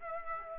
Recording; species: mosquito wingbeat signal from an infrared sensor; Aedes aegypti